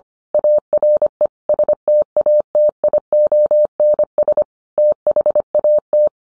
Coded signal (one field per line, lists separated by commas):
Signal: Morse code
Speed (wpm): 25 wpm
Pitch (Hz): 600 Hz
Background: none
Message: ARE STATIONS THAT